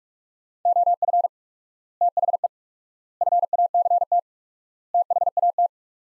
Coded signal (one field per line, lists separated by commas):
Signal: Morse code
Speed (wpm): 41 wpm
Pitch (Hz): 700 Hz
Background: none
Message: OF THE FACT THAT